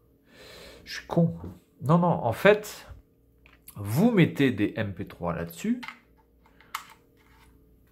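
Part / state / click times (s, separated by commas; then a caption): MP3 player cartridge into handheld game console slot / not seated / none. A plastic MP3 player cartridge is being handled and pushed toward the cartridge slot of a Game Boy Advance handheld game console. Someone talks through most of the clip, and a few small clicks and handling taps come near the end. Nothing has seated or clicked into place yet.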